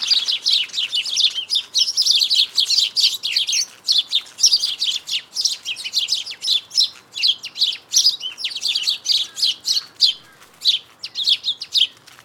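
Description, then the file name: House sparrows chirping in a dense, continuous chorus of overlapping tweets and chirrups throughout. "Passer domesticus"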